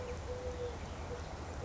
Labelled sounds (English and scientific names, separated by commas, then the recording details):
Eurasian Collared Dove (Streptopelia decaocto)
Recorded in Sonoma County, California